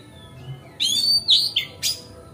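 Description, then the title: Oriental magpie-robin giving a quick, rich phrase of warbled high notes with a sharp final chirp. Song tutoring (masteran), made on a terrace. "Kacer Masteran Teras"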